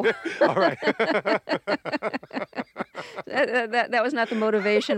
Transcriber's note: soundbite of laughter